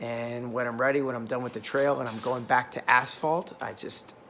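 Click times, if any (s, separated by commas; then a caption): none. Someone talks while handling a rubber tip cap for a Black Diamond Distance Carbon FLZ trekking pole, about to fit it over the pole's carbide tip for walking on asphalt after the trail. The cap has not clipped on yet, and nothing has seated or clicked.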